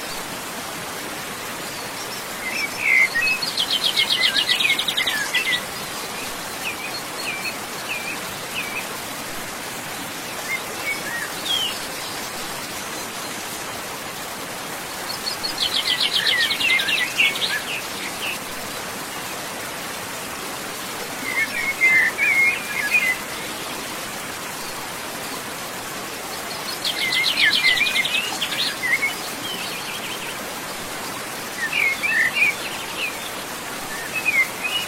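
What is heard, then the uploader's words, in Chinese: A stream flows steadily under a small bridge in the woods, its even rushing hiss filling the whole clip. Birds sing in short bright bursts of quick chirps and trills, around 4, 16, 22, 28 and 33 seconds, over the water. 林中小桥流水。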